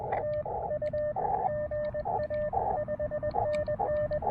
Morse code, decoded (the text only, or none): T U GA 5NN